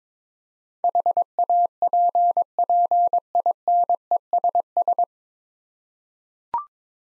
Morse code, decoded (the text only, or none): HAPPINESS